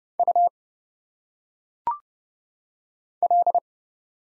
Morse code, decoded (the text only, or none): U L